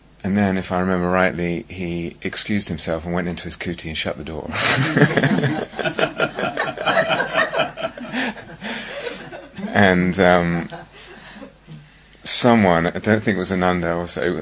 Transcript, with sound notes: And then, if I remember rightly, he excused himself, and went into his kuṭi, and shut the door. [everyone laughs] And someone -- I don't think it was Ānanda;